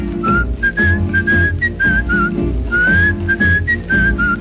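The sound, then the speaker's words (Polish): A bright whistled melody moves in short, gliding notes, pausing briefly midway before continuing, over a steady rhythmic instrumental accompaniment. “Z boku na bok kołyszę się, konik trawkę rwie, pogwizduję do taktu swe piosenki.”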